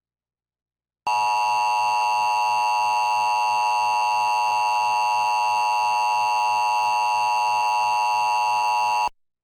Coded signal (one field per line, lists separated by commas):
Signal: Emergency Alert System (SAME) tones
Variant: 853 and 960 Hz attention tone